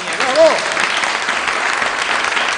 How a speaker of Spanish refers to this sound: Un aplauso para Nieves. Un aplauso para Nieves. ¡Bravo!